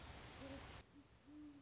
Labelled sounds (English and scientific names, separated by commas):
Great Horned Owl (Bubo virginianus)